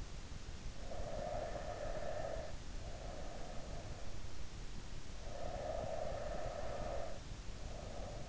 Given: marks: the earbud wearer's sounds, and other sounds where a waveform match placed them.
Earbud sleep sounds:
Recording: sounds in sleep by an in-ear microphone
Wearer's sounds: breath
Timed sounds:
0.69-3.95 s: breath
5.32-8.29 s: breath

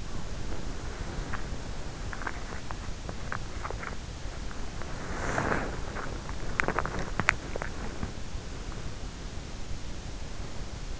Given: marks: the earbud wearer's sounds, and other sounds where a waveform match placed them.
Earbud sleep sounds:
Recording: sounds in sleep by an in-ear microphone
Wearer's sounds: breath, teeth grinding, body movement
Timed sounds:
0.00-1.15 s: breath
1.15-4.93 s: teeth grinding
4.40-11.00 s: body movement
6.23-8.18 s: teeth grinding

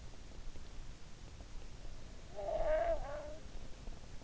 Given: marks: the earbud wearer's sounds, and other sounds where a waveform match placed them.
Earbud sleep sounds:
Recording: sounds in sleep by an in-ear microphone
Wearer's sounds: snoring breath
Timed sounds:
2.21-3.65 s: snoring breath

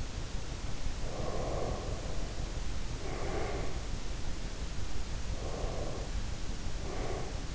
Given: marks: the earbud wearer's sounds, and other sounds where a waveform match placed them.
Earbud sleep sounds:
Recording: sounds in sleep by an in-ear microphone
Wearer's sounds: breath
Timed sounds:
0.79-4.05 s: breath
5.02-7.54 s: breath

